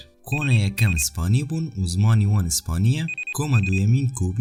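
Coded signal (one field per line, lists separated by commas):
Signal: none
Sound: a phone's ringing tone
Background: speech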